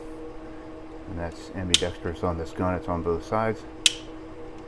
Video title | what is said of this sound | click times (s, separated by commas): Glock 17 Gen 5 Cleaning: Field Strip, Clean & Reassemble | snaps back into the frame perfect | 3.9 s